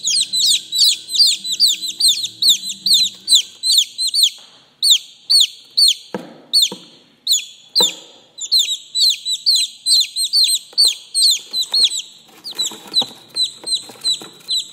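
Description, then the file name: Chicks peeping: high, downward-slurred whistled peeps repeated rapidly, about two per second, with a few clicks and rustling knocks near the middle and end. "Tieng ga con keu"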